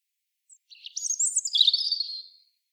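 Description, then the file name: European robin giving a brief high warbled phrase: a rising jumble of thin, sparkling notes that slides downward into a short trill before stopping. "Erithacus rubecula"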